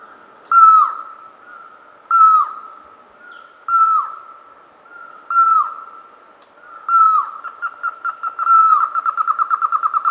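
Red-vented barbet duet: clear hooked notes repeated about every one and a half seconds, then quickening into a rapid, even series of short pulsing notes at the end.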